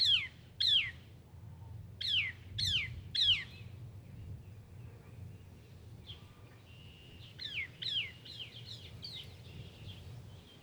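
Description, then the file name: Northern mockingbird singing sharp downslurred notes in small groups, then a quiet gap with faint notes before a softer burst of rapid slurred phrases near the end. Recorded at Brownings on 14 May 2024, in spring. "Northern-Mockingbird Brownings-05-14-2024-N-Levey"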